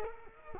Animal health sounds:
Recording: mosquito wingbeat signal from an infrared sensor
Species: Culex quinquefasciatus

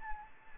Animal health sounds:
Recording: mosquito wingbeat signal from an infrared sensor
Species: Anopheles gambiae

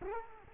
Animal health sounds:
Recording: mosquito wingbeat signal from an infrared sensor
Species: Culex quinquefasciatus

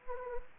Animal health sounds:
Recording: mosquito wingbeat signal from an infrared sensor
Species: Anopheles gambiae

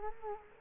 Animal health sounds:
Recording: mosquito wingbeat signal from an infrared sensor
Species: Culex quinquefasciatus

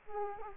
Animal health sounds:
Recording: mosquito wingbeat signal from an infrared sensor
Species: Culex quinquefasciatus

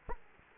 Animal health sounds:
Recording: mosquito wingbeat signal from an infrared sensor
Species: Culex quinquefasciatus

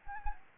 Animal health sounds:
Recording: mosquito wingbeat signal from an infrared sensor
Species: Anopheles gambiae

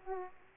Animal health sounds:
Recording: mosquito wingbeat signal from an infrared sensor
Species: Aedes aegypti

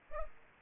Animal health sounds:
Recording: mosquito wingbeat signal from an infrared sensor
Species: Aedes aegypti

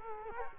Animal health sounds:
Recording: mosquito wingbeat signal from an infrared sensor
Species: Culex quinquefasciatus

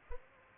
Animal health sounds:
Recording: mosquito wingbeat signal from an infrared sensor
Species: Culex pipiens

